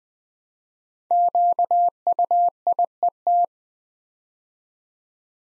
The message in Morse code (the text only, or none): QUIET